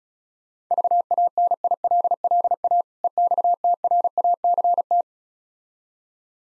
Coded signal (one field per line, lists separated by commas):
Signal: Morse code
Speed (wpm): 36 wpm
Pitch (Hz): 700 Hz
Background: none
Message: VANILLA EXTRACT